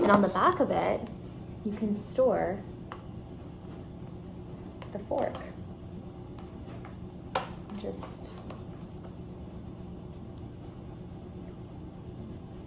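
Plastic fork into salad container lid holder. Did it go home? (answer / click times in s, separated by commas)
yes / 7.4 s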